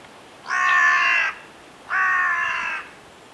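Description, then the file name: Carrion crow calling two long, rasping caws of nearly a second each, separated by a short pause, against a quiet background. "Corvus corone"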